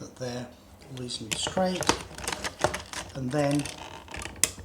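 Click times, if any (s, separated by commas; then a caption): 4.4 s. Someone talks while pushing a plastic part, possibly a wire connector, into the front axle assembly of a Bruder toy Jeep being converted to radio control, with a few light clicks and taps beneath the voice. The part clicks into place with a sharp snap at 4.4 s and is seated; a gentle pull on the wire then checks it.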